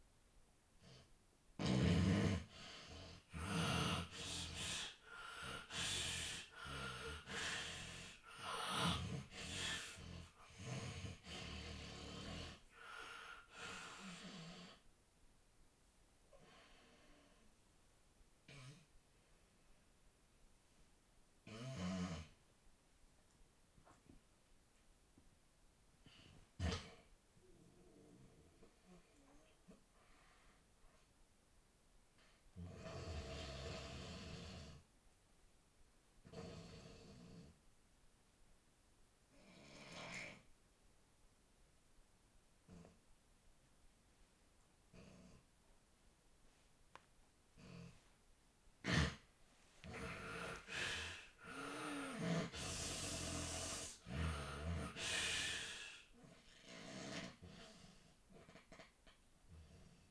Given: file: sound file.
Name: Snoring epoch with irregular breathing frequency